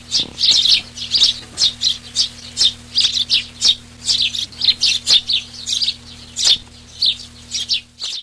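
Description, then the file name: Eurasian tree sparrow chirping: sharp, buzzy chirps repeated rapidly, about two to three per second, with a faint steady low hum beneath. "Pasmontanus"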